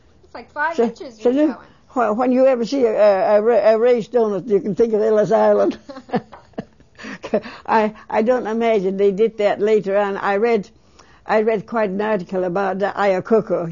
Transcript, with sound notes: That's like five inches you're showing.
When you ever see a raised doughnut, you can thin of Ellis Island. (They laugh.) I don't imagine they did that later on. I read, I read quite an article about Iacocca.